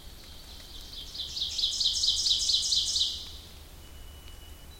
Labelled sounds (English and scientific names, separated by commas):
Ovenbird (Seiurus aurocapilla) song